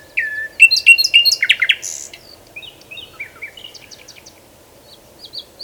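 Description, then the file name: Common nightingale singing: a drawn whistle, then quick stacked notes and a harsh burst, followed by softer scattered trills and short high phrases. "Luscinia megarhynchos"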